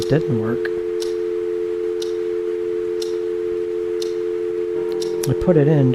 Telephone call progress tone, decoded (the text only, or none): dial tone